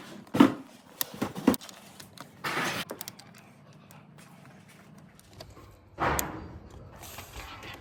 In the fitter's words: push it until it clicks and then click the lock all right so next is we're going to zip tie